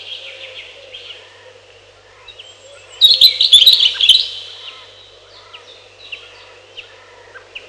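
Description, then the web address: European robin singing a quick, dense burst of high twittering trills lasting just over a second, surrounded by scattered faint chirps. "relax birds малиновка"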